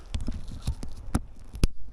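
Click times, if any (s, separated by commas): 1.6 s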